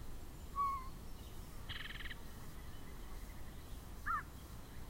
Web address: Yellow-breasted Chat